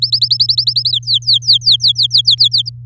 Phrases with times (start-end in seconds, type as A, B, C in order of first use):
0.02-0.92 A, 0.92-2.70 B